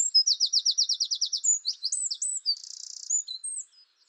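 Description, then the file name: Eurasian wren song opening with a fast rattling trill, followed by sharp squeaky notes and a dry buzzy trill, then a few last high notes. "Troglodytes troglodytes"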